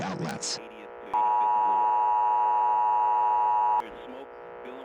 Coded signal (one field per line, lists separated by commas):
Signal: Emergency Alert System (SAME) tones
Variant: 853 and 960 Hz attention tone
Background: speech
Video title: EAS during the 9/11 attacks | Historical EAS Scenario